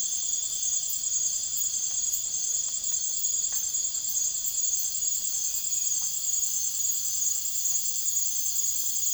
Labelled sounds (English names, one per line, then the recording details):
none
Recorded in secondary vegetation near Puerto Asís, Putumayo, Colombia, on 12 March 2025 at 03:00
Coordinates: 0.489, -76.322
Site G042